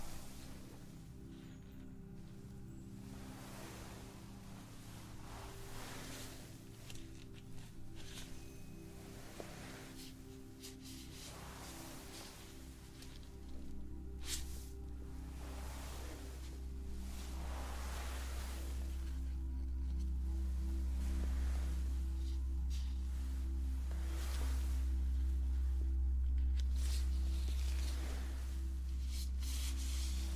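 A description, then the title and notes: Facial acupuncture with face touching: soft swishing strokes come and go every two to three seconds, like hands brushing past, in a wave-like rhythm. A steady low hum runs underneath throughout, growing heavier and louder from about fourteen seconds on. ASMR Facial Acupuncture ~ Personal Attention Close Up Face Touching.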